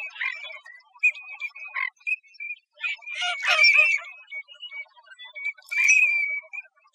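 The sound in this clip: American green-winged teal calling, short piping whistles repeated irregularly, mixed with several loud harsher bursts.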